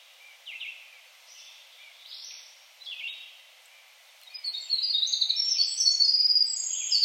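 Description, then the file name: Winter wren song: faint scattered high notes at first, then a loud, rapid, tumbling run of very high trills and twitters. Recorded at Rib Mountain State Park on 3 July 2021. "2021-07-03 Winter Wren Rib Mountain SP"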